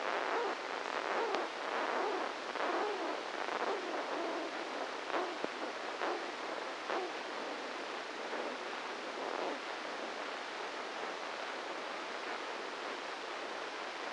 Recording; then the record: brain microelectrode recording played as sound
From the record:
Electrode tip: inside the subthalamic nucleus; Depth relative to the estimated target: -2 mm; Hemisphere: right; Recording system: NeuroSet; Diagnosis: Parkinson's disease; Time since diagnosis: 8 years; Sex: male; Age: 58 years